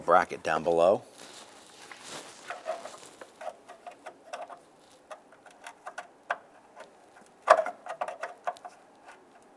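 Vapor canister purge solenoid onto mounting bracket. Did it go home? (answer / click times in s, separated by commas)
no / none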